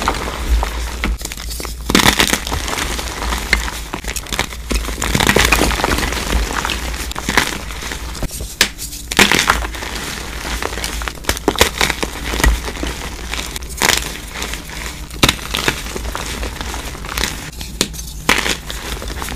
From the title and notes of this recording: Audio only compilation of amazing crushes.